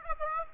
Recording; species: mosquito wingbeat signal from an infrared sensor; Aedes aegypti